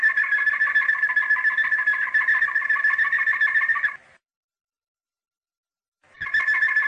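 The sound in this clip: Domestic canary producing a steady, fast rolling trill for about four seconds, then silence before the roll resumes.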